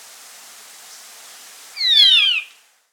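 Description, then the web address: Band-tailed manakin giving a single buzzy, downslurred call with stacked harmonics, about 0.7 seconds long, after quiet background hiss. Recorded in the Amazon of Peru. "Birds of the Amazon 3. Band-tailed Manakin (Pipra fasciicauda), Peru"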